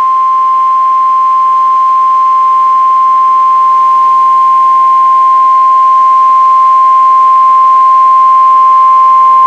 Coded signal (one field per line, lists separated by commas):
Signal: Emergency Alert System (SAME) tones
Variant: 1050 Hz attention tone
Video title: Real NOAA Weather Radio EAS Alert #92